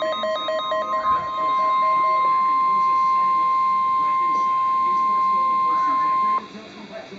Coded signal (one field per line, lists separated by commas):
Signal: Emergency Alert System (SAME) tones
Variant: 1050 Hz attention tone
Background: speech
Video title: Special Marine Warning (EAS #641)